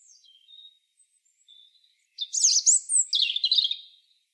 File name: Erithacus rubecula